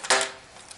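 On a Toyota Tacoma roof rack, a crossbar fitting is pressed onto the tower with a little pressure, and it snaps on with a sharp click at 0.1 s. Two clicks are expected, one on each side. A faint tick follows near 0.7 s, and the fitting is seated on the tower.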